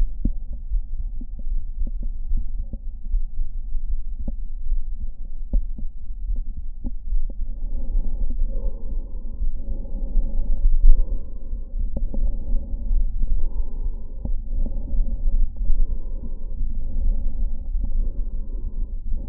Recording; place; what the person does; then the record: lung sounds by stethoscope; right anterior apical chest; quiet breathing, then deep breathing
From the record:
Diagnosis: COPD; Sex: male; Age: 59 years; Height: 175 cm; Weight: 73 kg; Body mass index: 23.8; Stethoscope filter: diaphragm mode